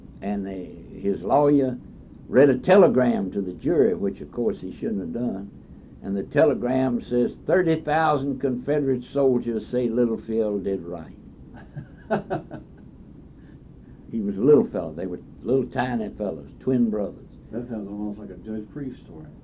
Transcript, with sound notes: And they—his lawyer read a telegram to the jury, which of course he shouldn’t have done, and the telegram says, “Thirty thousand Confederate soldiers say Little Phil did right.” [laughs] He was a little fellow, they were little tiny fellows, twin brothers.
That sounds almost like a Judge Priest story.